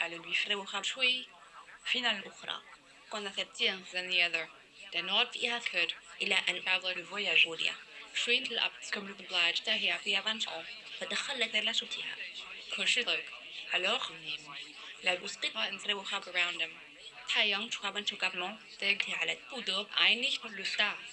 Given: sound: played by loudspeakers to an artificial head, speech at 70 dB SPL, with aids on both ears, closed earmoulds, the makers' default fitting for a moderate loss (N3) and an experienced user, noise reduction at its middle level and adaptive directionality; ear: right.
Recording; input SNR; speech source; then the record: speech test signal (ISTS) in cocktail-party noise; +9 dB; in front (0 degrees)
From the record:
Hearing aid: class 1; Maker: I